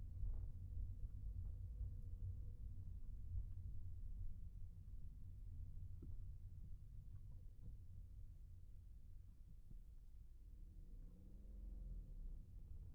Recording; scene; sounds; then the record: everyday scene through a hearing-aid microphone; in a vehicle; engine, rumble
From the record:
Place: Skoda Fabia, gasoline engine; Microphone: behind the ear, right, rear